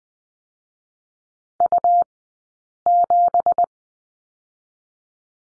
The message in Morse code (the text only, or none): U7